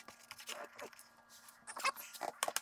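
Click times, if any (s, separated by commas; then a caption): none. A plastic tail tidy part is handled and pressed toward its mount on the rear fender of a CRF450L motorcycle during installation of a tail tidy kit, with scattered rustling and knocks and two sharp short hits at about 2.4 and 2.6 seconds. The part has not seated or clicked into place yet.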